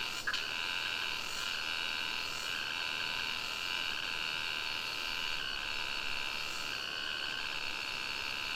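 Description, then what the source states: Cicada droning, a continuous high, ringing buzz held almost unchanged for the whole stretch, with faint swells in intensity. Singing, recorded close to a river in the Sumatra jungle, Ketambe, Aceh region, with a Sony PCM D50 recorder.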